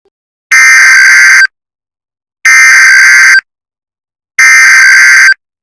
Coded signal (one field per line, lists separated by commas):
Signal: Emergency Alert System (SAME) tones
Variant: header bursts